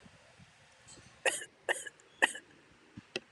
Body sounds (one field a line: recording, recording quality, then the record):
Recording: shallow voluntary cough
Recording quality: excellent, no background noise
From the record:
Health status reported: recovered from COVID-19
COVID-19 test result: negative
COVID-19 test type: rapid antigen test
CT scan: not taken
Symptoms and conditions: none ticked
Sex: male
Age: 21 years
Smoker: no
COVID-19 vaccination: both doses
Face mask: worn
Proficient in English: yes